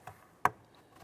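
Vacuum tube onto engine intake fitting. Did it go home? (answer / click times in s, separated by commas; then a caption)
yes / 0.4 s. A vacuum tube end is pushed onto its fitting on the engine intake of a 2015–2020 Cadillac Escalade during thermostat housing reassembly. A faint tick comes at about 0.1 s, then a sharp, bright snap at 0.5 s, followed by a few soft faint sounds. The connector snaps into place and is seated.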